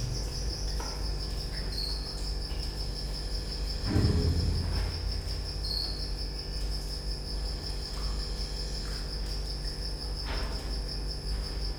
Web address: allathangok gyorizoo 2014 professzionalis gallerospavian balmikrofonnalegyrovar elektromosberendezes tucsok csendelet